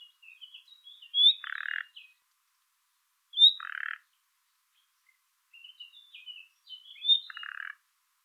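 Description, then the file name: Common nightingale calling: a rising whistled 'hweet' followed by a low grating rattle, given three times among soft twittering fragments, with silent gaps between. "Luscinia megarhynchos"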